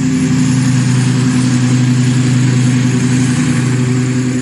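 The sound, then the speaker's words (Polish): The small petrol engine of an unmanned military mini-plane drone buzzes steadily and loudly, a continuous droning hum much like a petrol garden lawnmower or moped, with no talking over it. “Ten dźwięk jest zbliżony do pracy kosiarki spalinowej w ogródku albo motoroweru.”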